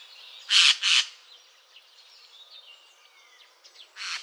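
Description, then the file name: Eurasian jay harsh screeches, two rasping bursts in quick succession followed later by a third, with faint high chirps of other small birds between them. "Geai-des-chênes"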